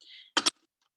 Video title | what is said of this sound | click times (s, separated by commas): Thermomix Easter Class | sure the measuring cup is just this little lid stopper here that goes in the top and it just clicks in place | 0.4 s